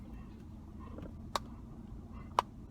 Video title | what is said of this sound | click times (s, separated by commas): Mission Monday - Quinn Christy | it just pops right in there. | 1.4 s, 2.4 s